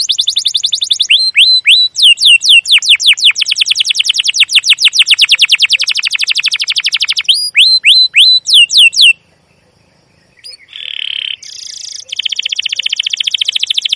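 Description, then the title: Canary song: fast trills of sweeping chirps and a dense rolling buzz, a brief silence, then a steady tone and another rapid trill. Long, continuous 'cuit cuit' trilling; used as a lure to train young canaries to sing. "CUIT CUIT NGEROL LANGSUNG GACOR PANJANG Kenari Ini Utk Pancingan KENAR. PANCINGAN Kenari GACOR PANJANG Cuit CUIT EMOSI ini utk MASTERAN Kenari PAUD belajar BUNYI"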